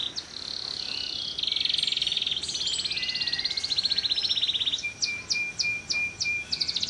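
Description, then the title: Canary song of long rapid high trills and buzzy rattles, followed by a series of sharp short chips. Kalitan (tutor) canary singing loudly (gacor) with a long song. "Kenari Kalitan Gacor Suara Panjang"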